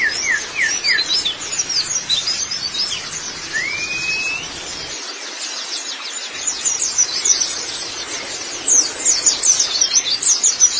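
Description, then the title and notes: White-eye song: dense, high twittering throughout, with one clear rising whistled note. White-eye song (kicauan). "Kicauan Burung Pleci Durasi Panjang. Suara kicauan burung pleci"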